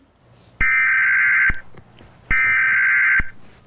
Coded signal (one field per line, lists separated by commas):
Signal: Emergency Alert System (SAME) tones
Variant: header bursts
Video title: How to make eas scenario